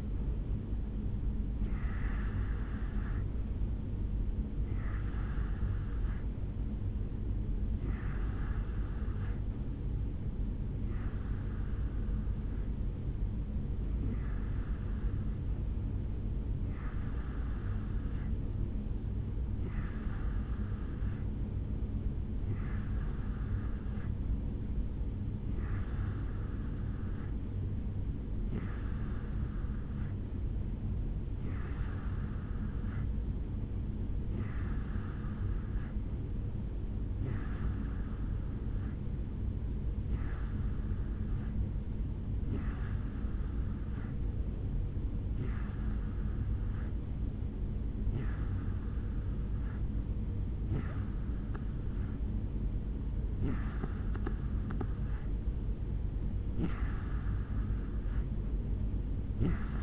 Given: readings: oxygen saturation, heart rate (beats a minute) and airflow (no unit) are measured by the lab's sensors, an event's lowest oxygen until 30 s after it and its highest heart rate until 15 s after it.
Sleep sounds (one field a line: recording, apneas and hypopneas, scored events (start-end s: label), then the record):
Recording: breathing in sleep by a smartphone at the bedside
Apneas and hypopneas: 1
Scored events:
16.00-53.90 s: hypopnea (N2, oxygen 91% highest, then 88% lowest, heart rate 70 at the start, 73 highest)
19.00-59.83 s: new sleep stage, N3 (deep sleep)
From the record:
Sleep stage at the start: N2 (light sleep)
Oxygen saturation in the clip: 89 to 91%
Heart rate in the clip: 68 to 71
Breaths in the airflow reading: 21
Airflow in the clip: -3.4 to 2.5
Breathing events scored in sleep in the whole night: 449 in 7.0 hours asleep